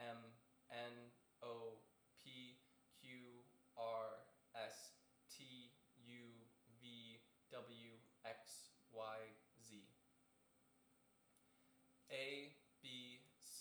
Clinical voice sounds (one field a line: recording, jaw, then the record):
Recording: letters of the alphabet, spoken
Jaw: free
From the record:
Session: seven days later